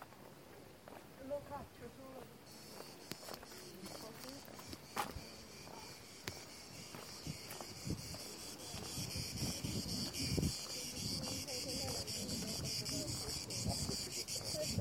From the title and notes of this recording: Taormina, Sicily, Italy. Enregistrements audio réalisés en milieu urbain.